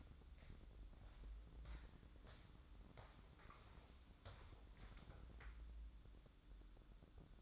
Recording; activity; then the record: daily activity, microphone in the room; walk to room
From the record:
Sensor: 3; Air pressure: 1008.2 hPa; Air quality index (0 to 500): 132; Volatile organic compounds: 2 ppm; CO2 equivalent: 1091 ppm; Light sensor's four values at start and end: 10/24/10/10 and 10/24/10/9